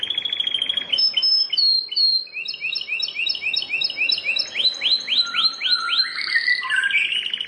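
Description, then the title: Prinia delivering a varied, rapid song of downslurred chips and clipped whistles at shifting pitches, with a faint steady hiss underneath. "Ciblek Sawah"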